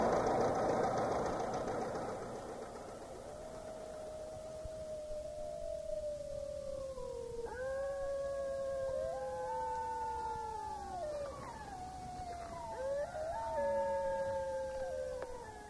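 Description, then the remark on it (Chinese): Wolves howl: one long, wavering howl starts after a burst of rushing noise, then several more join in, their drawn-out rising and falling cries overlapping in a loud chorus. “等着喂狼吧。”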